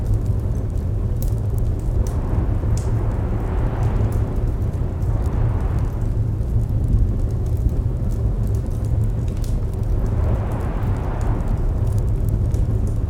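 A fire roars with a deep, constant rumble, sprinkled with quick, sharp crackles that pop every second or so. Wind rises and falls behind it in soft whooshing swells, building around two to six seconds and again near ten to twelve.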